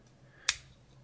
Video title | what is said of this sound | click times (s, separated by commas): DIY Build your own lego mini racer | So you switch them on one side only, here, make sure it snaps into place, and | 0.5 s